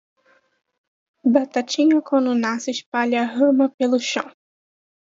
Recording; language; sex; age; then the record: short text; Brazilian Portuguese; female; 20 to 29 years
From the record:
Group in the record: control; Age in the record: 21 years